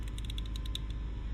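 The plastic compression nut of a cable gland is turned down over a rubber seal around a power wire in a truck body panel, squeezing its internal clamps so they ratchet with a series of small, sharp clicks at 0.2, 0.3, 0.4, 0.6, 0.7 and 0.8 seconds over a steady low background rumble. The nut seats tight, clamping the wire in the grommet and giving a watertight seal.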